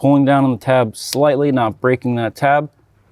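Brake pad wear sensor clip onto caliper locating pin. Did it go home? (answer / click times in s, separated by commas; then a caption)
no / none. Someone talks while working on the front brakes of a 2018–2025 Audi B9 S4/S5 Sportback/Convertible/SQ5, sliding the plastic tab of the brake pad wear sensor wire onto its caliper locating pin at about 90 degrees while pulling down slightly on the tab. The clip is mostly speech with short pauses and no distinct mechanical sounds. Nothing has seated or clicked yet.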